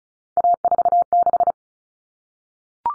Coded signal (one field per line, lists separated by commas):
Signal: Morse code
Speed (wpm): 34 wpm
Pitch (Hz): 700 Hz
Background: none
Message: A46